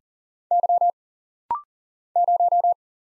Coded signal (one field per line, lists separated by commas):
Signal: Morse code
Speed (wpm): 39 wpm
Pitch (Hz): 700 Hz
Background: none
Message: Y 0